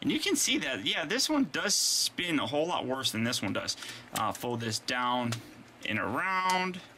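Someone talks while handling a plastic Transformers Prime (RID) Weaponizer Optimus Prime action figure mid-transformation, folding a section down and swinging it around toward the figure body. The panel has not locked into place yet; nothing has seated or clicked in this clip.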